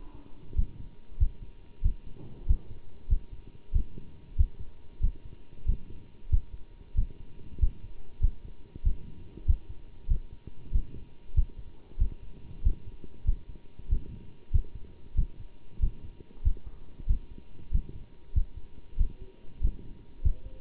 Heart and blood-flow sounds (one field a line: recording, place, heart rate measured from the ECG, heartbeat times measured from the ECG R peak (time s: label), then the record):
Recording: heart sounds by stethoscope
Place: between the tricuspid and mitral areas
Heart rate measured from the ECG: 95 bpm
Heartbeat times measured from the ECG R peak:
0.56 s: heartbeat
1.19 s: heartbeat
1.83 s: heartbeat
2.47 s: heartbeat
3.09 s: heartbeat
3.73 s: heartbeat
4.37 s: heartbeat
5.01 s: heartbeat
5.66 s: heartbeat
6.31 s: heartbeat
6.96 s: heartbeat
7.60 s: heartbeat
8.21 s: heartbeat
8.84 s: heartbeat
9.47 s: heartbeat
10.08 s: heartbeat
10.72 s: heartbeat
11.35 s: heartbeat
11.99 s: heartbeat
12.63 s: heartbeat
13.26 s: heartbeat
13.90 s: heartbeat
14.52 s: heartbeat
15.16 s: heartbeat
15.80 s: heartbeat
16.44 s: heartbeat
17.07 s: heartbeat
17.72 s: heartbeat
18.34 s: heartbeat
18.98 s: heartbeat
19.62 s: heartbeat
20.23 s: heartbeat
From the record:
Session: bicycle stress test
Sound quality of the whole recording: good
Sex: male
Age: 27 years